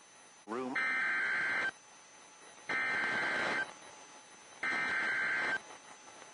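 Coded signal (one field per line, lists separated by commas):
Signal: Emergency Alert System (SAME) tones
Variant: header bursts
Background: speech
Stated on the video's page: Weather radio alerts from several stations in Illinois, Indiana, Ohio and Kentucky.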